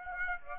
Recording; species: mosquito wingbeat signal from an infrared sensor; Aedes aegypti